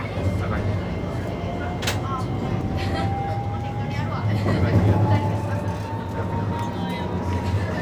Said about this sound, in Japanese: ご乗車ありがとうございます。発車します。